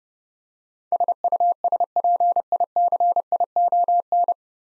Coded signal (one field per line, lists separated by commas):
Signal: Morse code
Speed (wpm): 30 wpm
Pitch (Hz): 700 Hz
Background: none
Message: SUSPICION